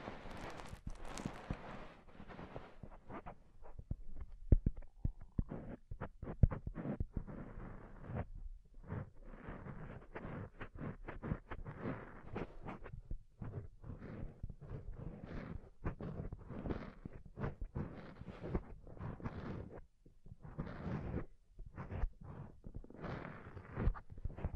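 Soft, fluffy ASMR triggers rub and brush over the microphone in a dense, irregular run of muffled swishes and thumps. The sound stays low and padded, with a brief brighter crackle at the start and short pauses around 5 and 20 seconds.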